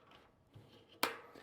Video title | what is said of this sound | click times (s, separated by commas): HOW TO: GO TUBELESS #tubeless #mtb #mountainbike #gravelbike #tubelesstires | At the end, you'll have to pull, and it'll pop into place like that. | 1.0 s